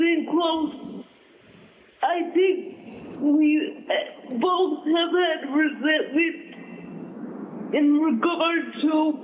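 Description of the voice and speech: Adult woman with cerebral palsy, a twin born three months premature, speaking over the phone. Her speech is dysarthric and a little hard to hear, coming in short, effortful word groups separated by pauses.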